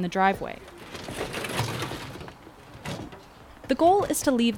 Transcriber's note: sfx dumpster